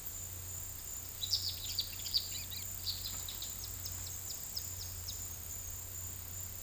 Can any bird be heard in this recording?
yes